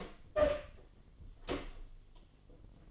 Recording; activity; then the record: daily activity, microphone in the room; open door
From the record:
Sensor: 4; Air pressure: 1007.9 hPa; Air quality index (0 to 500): 188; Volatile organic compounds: 6 ppm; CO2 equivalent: 1879 ppm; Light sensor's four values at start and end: 23/74/28/27 and 23/74/28/27